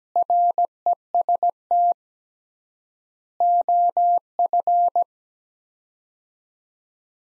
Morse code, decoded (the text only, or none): REST OF